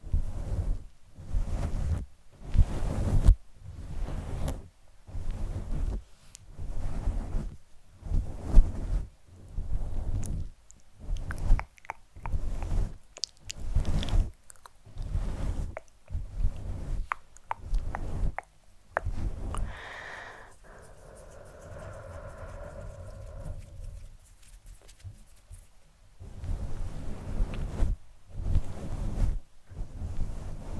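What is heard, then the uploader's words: Soft, muffled rubbing and scratching on a fluffy microphone cover, in low, thumping bursts that repeat roughly once a second for most of the clip. Around twenty seconds the strokes stop and a quieter, faintly whistling stretch follows before the brushing returns near the end. ASMR SoftGentle Fluffy Mic Touching, Scratching, Plucking.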